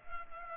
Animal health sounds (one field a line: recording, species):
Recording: mosquito wingbeat signal from an infrared sensor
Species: Culex pipiens